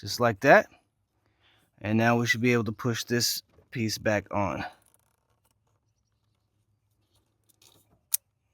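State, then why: Seated. A plastic hose fitting is pushed back onto an EVAP purge valve after someone talks. A few faint taps follow, then a sharp click at 8.1 seconds as the plastic piece snaps back on and seats in place.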